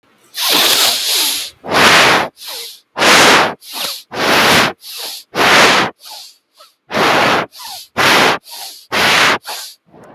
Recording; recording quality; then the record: shallow breathing; moderate, slight background noise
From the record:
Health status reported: healthy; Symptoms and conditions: none ticked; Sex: male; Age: 24 years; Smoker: not ticked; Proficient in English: yes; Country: India